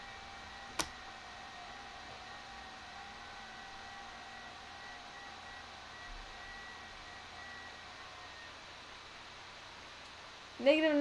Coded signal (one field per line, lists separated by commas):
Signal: FT8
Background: speech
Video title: CQ or Pounce: an FT8 Experiment!